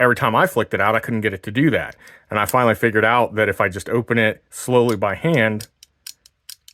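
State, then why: Not seated. Someone talks while opening the blade of a Sitivien ST107 folding knife slowly by hand. After the talking stops, a few small ticks at about 6.1, 6.3, 6.5 and 6.7 seconds come from the blade moving. The liner lock has not snapped into place behind the blade, and nothing has clicked.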